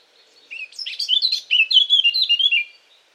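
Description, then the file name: Eurasian blackcap song, a rapid, fluty warbling phrase of tumbling high notes running for roughly two seconds in otherwise clear quiet. "Sylvia atricapilla"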